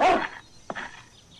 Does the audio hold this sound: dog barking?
yes